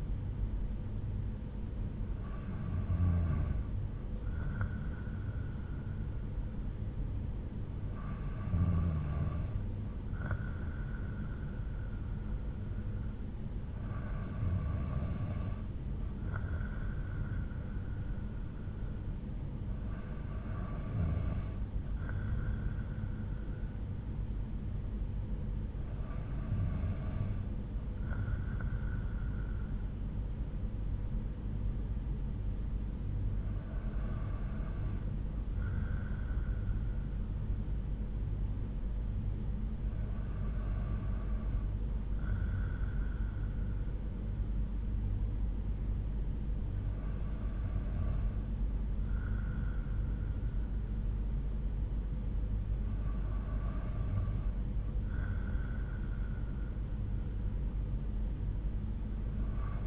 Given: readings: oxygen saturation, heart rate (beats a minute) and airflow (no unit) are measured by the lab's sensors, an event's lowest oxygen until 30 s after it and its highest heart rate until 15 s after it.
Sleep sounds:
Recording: breathing in sleep by a smartphone at the bedside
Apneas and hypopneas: none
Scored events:
none scored
From the record:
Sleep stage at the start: N2 (light sleep)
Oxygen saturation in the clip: 92 to 94%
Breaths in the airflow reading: 9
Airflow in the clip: -4.8 to 3.6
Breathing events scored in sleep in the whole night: 368 in 8.0 hours asleep

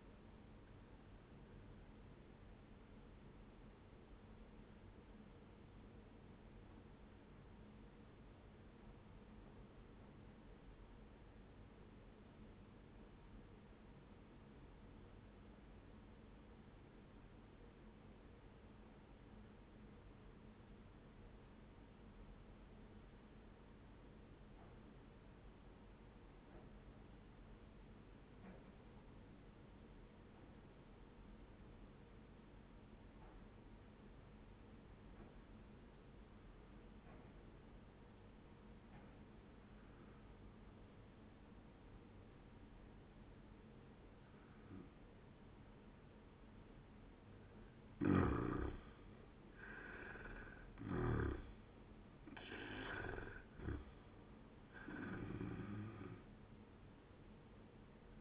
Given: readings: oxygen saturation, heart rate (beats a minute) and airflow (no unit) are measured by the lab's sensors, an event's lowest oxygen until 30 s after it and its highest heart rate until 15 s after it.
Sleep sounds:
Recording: breathing in sleep by a voice recorder at the bedside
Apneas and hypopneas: 1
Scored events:
6.00-48.40 s: obstructive apnea (N1, oxygen 97% highest, then 82% lowest, heart rate 67 at the start, 86 highest)
28.00-58.21 s: new sleep stage, N2 (light sleep)
From the record:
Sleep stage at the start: N1 (lightest sleep)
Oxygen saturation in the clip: 84 to 97%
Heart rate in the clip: 64 to 86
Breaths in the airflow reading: 3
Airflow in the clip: -10.3 to 13.9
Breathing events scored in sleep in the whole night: 131 in 7.2 hours asleep

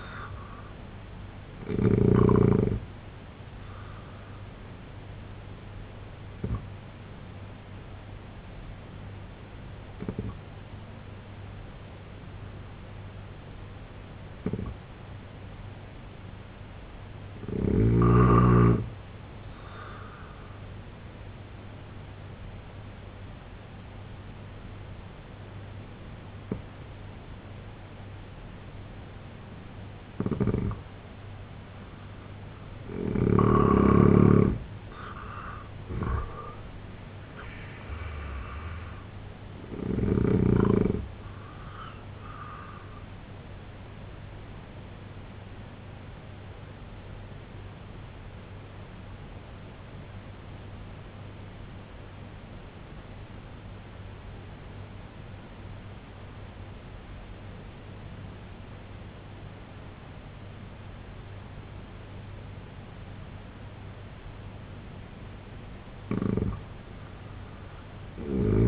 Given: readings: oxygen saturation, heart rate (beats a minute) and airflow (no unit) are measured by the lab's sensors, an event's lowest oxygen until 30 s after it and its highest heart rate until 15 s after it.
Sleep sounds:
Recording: breathing in sleep by a voice recorder at the bedside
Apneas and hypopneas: 3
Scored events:
5.00-20.20 s: hypopnea (N2, oxygen 91% highest, then 88% lowest, heart rate 77 at the start, 77 highest)
26.00-38.10 s: hypopnea (N2, oxygen 90% highest, then 86% lowest, heart rate 68 at the start, 90 highest)
45.00-64.50 s: obstructive apnea (N2, oxygen 93% highest, then 83% lowest, heart rate 72 at the start, 93 highest)
From the record:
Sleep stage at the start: N2 (light sleep)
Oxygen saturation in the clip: 84 to 93%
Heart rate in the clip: 64 to 90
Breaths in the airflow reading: 7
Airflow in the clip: -7.9 to 7.0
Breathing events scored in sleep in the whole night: 258 in 7.4 hours asleep

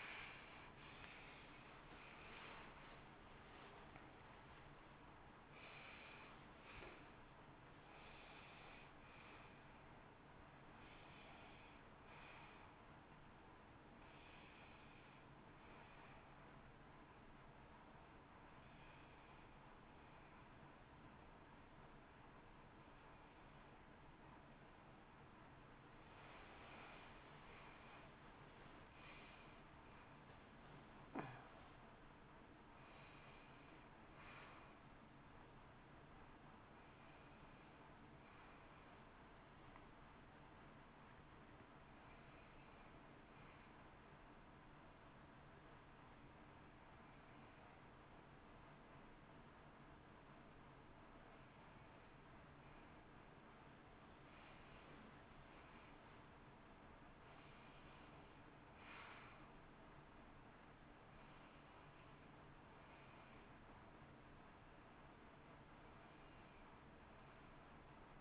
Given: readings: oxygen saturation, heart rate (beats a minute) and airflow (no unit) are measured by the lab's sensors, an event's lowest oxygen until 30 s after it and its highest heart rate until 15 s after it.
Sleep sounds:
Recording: breathing in sleep by a voice recorder at the bedside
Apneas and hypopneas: 1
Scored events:
15.00-68.21 s: new sleep stage, N1 (lightest sleep)
23.00-53.00 s: hypopnea (N1, oxygen 96% highest, then 92% lowest, heart rate 56 at the start, 71 highest)
From the record:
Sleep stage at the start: N2 (light sleep)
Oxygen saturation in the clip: 86 to 96%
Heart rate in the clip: 55 to 71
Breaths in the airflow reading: 18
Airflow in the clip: -16.8 to 21.5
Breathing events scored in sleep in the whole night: 328 in 6.3 hours asleep

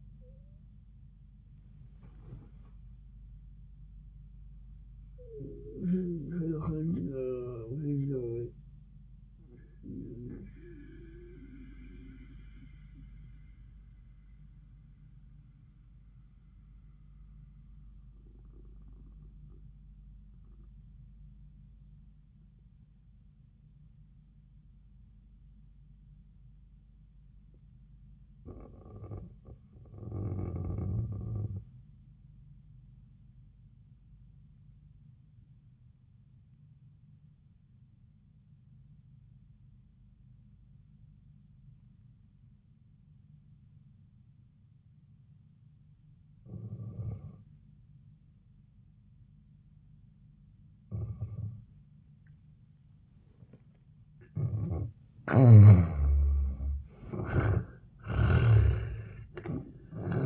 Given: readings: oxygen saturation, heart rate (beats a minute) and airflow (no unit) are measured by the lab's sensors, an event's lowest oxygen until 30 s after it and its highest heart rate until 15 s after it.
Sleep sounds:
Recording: breathing in sleep by a smartphone at the bedside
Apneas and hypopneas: 1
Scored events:
10.00-53.00 s: obstructive apnea (N2, oxygen 98% highest, then 78% lowest, heart rate 97 at the start, 97 highest)
29.00-59.00 s: new sleep stage, N1 (lightest sleep)
59.00-60.25 s: new sleep stage, N2 (light sleep)
From the record:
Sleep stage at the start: N2 (light sleep)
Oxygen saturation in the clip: 74 to 98%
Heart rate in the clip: 70 to 97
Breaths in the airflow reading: 2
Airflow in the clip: -11.3 to 22.0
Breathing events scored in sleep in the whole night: 400 in 8.7 hours asleep

